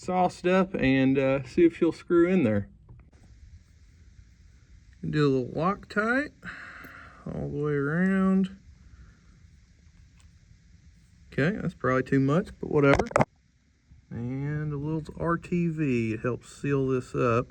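Someone talks while applying threadlocker all the way around an oversized self-threading oil pan drain plug, along with a little RTV sealant, to prepare it for screwing into the damaged, cross-threaded oil pan threads. Faint brief ticks come in the quiet gaps around 2.9, 3.0, 4.9 and 10.2 seconds. The plug has not been threaded in or seated yet.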